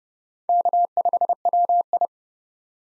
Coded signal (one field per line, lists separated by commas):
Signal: Morse code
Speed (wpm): 31 wpm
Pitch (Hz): 700 Hz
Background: none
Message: K5WI